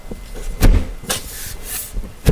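Pressure is pressed down over the four clip points of a Badger Basket Empress Round Baby Bassinet (model 83901, 83902, 83903 or 83904) so the bassinet bottom's plastic clips snap onto the stand's upper legs. A sharp snap is heard at 0.6 s, with further knocks near 1.1 s and 2.3 s. All four clips end up seated and clipped down.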